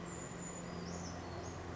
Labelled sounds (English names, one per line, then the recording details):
Brown Creeper
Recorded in Sonoma County, California